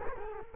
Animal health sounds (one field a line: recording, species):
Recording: mosquito wingbeat signal from an infrared sensor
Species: Culex quinquefasciatus